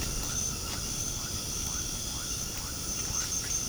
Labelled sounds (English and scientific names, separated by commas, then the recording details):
none
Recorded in pastures near Puerto Asís, Putumayo, Colombia, on 21 March 2025 at 22:30
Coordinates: 0.497, -76.327
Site G072